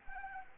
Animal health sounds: mosquito wingbeat signal from an infrared sensor; Anopheles arabiensis

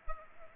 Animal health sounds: mosquito wingbeat signal from an infrared sensor; Culex pipiens

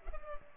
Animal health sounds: mosquito wingbeat signal from an infrared sensor; Culex pipiens

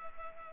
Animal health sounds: mosquito wingbeat signal from an infrared sensor; Culex pipiens

